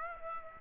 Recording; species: mosquito wingbeat signal from an infrared sensor; Aedes aegypti